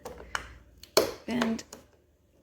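A plastic body panel of a Peg Perego Polaris RZR 900 ride-on toy is fitted into the vehicle body, with its tongue inserted first and then its tooth locked down. A few light taps lead to a sharp snap at 1.0 s as the tab seats and locks in, and someone talks briefly right after.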